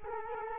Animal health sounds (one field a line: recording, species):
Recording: mosquito wingbeat signal from an infrared sensor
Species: Culex quinquefasciatus